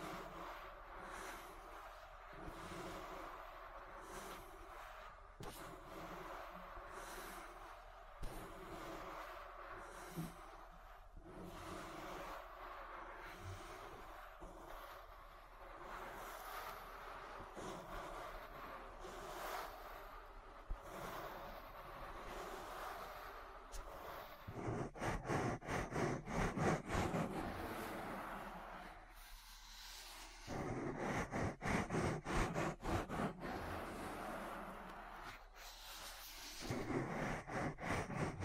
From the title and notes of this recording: ASMR Relaxing Ear Massage. (No Talking).